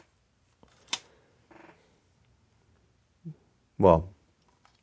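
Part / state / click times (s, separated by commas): plastic brick part into a Lego droid build / seated / 0.9 s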